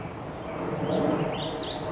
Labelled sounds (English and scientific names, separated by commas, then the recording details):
California Towhee (Melozone crissalis)
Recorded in Sonoma County, California